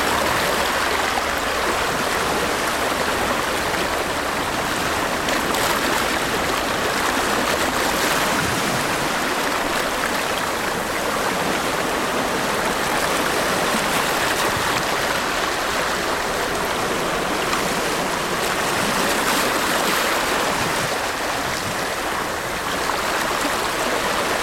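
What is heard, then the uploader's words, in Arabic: Calm ocean waves wash onto sand in a steady, dense hiss of moving water that holds nearly even throughout. The sound is bright, with soft swells rising and easing every few seconds rather than distinct crashing breaks. أمواج المحيط الهادئة على الرمال. حيث تترك الشمس ببطء لتحل محلها أمسية غروب هادئة. تم التسجيل على شاطئ موير الساكن في مقاطعة مارين. حيث تداعب كل موجة الرمال برفق.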